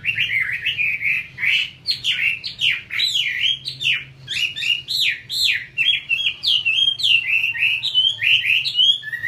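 Chinese hwamei delivering a steady stream of varied whistled notes, rising and falling slurs repeated without a break.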